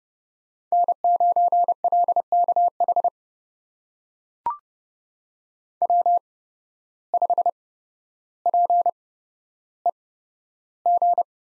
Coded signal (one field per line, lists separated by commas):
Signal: Morse code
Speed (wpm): 30 wpm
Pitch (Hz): 700 Hz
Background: none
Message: N9LKH W5PEG